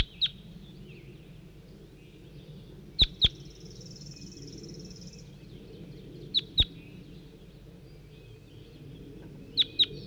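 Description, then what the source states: Crossbill sharp high call notes in pairs, spaced a few seconds apart, with a brief high buzz and low rumbling noise. Individual bird labelled 4-3.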